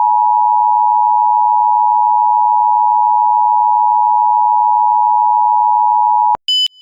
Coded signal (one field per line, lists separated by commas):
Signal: Emergency Alert System (SAME) tones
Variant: 853 and 960 Hz attention tone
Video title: Tornado Watch #710 11/18/24 (EAS Mock)